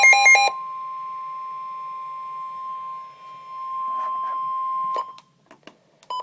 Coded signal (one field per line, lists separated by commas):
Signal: Emergency Alert System (SAME) tones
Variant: 1050 Hz attention tone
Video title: Winter Storm Warning - EAS #242